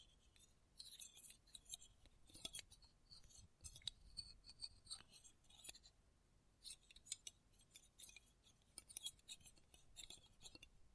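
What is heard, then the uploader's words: Close-up metallic sounds: light, bright clinks and scrapes like cutlery on dishes, coming in irregular clusters throughout with brief quiet gaps. ASMR Close Up Metallic Sounds (No Talking).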